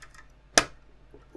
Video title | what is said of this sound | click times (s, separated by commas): Build the X-Wing - Part 17 - Completing the Upper Starboard Wing | you hear it clicking as the things going and there | 0.6 s